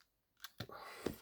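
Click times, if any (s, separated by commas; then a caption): 0.6 s. The plastic wing section of a Diaclone Corvette transforming toy car robot is folded forward and then back into position during transformation. A light click comes at 0.4 s, then a sharp click at 0.6 s as the wing joint clicks into place, followed by a rustling handling sound and another knock at about 1.1 s. The click at 0.6 s shows the wing is seated in the right position.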